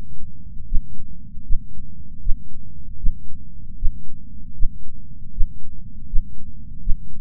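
An adult's heartbeat.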